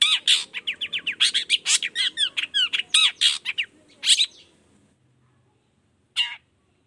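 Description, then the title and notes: Long-tailed shrike delivering quick harsh chattering notes for four seconds, then silence and one final rasping note. Cendet song in the morning, varied toet toet notes, used as a lure to prompt other shrikes of any kind to reply quickly. "Cendet Gacor Dor Di Kala Pagi Toet Toet Variasi Suara. Cendet Gacor Efektif Pancingan Buat Cendet Jenis Apapun Agar Cepat Nyaut Buka Paruh. Burung cendet"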